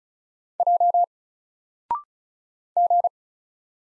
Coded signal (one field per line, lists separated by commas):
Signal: Morse code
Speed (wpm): 36 wpm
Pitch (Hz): 700 Hz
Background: none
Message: J G